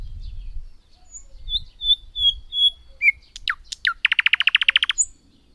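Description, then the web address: Thrush nightingale singing a phrase of soft high whistles and sharp downward sweeps, ending in a fast, loud series of rattling knocks. "agykontroll Madardalok Cd 2. Nagy fülemüle"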